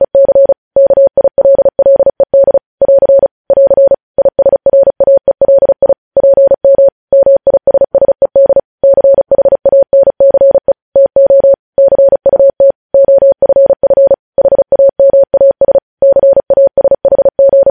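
Morse code sent as a steady, pure tone around 600 Hz, keyed into short dots and longer dashes with brief silent gaps between characters and words. The rhythm is quick and even across the whole stretch, clean and close, with no background sound.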